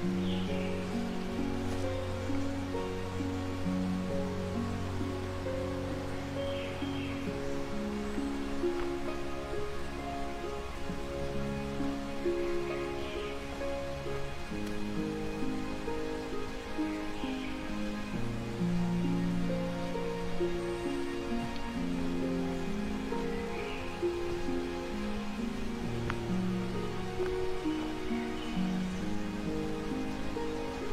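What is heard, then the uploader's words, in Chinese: Water rushes steadily along a mountain pine trail, a dense, churning flow of low gurgles and shifting tones that never lets up. Faint bird chirps break through now and then, roughly every five seconds, above the constant wash. 山中的松树步道，鸟风谷水声。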